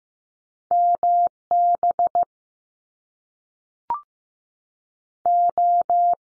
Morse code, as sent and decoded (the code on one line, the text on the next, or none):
-- / -... / ---
M B O